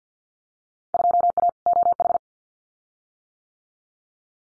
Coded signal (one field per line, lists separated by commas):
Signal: Morse code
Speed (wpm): 50 wpm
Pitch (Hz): 700 Hz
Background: none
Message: 2A OH